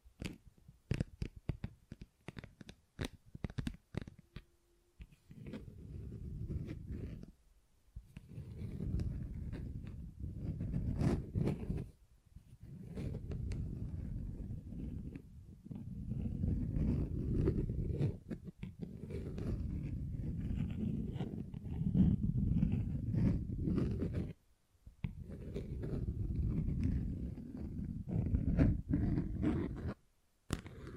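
Tingly textures: the first five seconds are sharp, separate taps clicking at an uneven pace. Then dense, low, rustling scratching takes over in long bursts, broken by short pauses near 8, 12, 18, 25 and 30 seconds, with faint taps scattered through.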